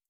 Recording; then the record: hydrophone in a shrimp aquaculture tank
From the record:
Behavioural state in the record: feeding